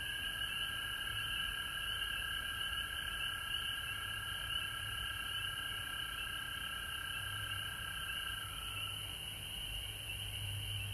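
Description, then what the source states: Frogs in full chorus, constant high trilling; one mid-pitched strand of calling drops out near the end while the rest continues, with low rumble beneath. Frogs recorded at home in Georgia on March 19, 2020.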